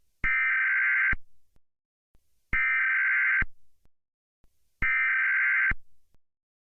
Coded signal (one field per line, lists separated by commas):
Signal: Emergency Alert System (SAME) tones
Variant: header bursts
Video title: Emergency Alert: Southern Militia Forces Gathering